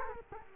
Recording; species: mosquito wingbeat signal from an infrared sensor; Culex quinquefasciatus